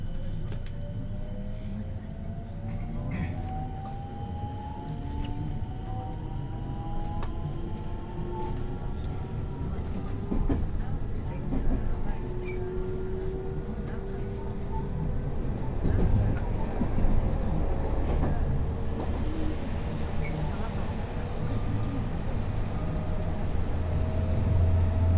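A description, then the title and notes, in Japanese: Inside a rapid train running on a main line, a steady heavy rumble fills the clip with a deep low roar that grows slightly louder after the midpoint. Long gliding whine tones rise and fall slowly, with occasional clacks and thumps from the track. 東海道本線新快速 草津→新大阪。大津を出ると長いトンネルに入って京都府へ抜け山科へ。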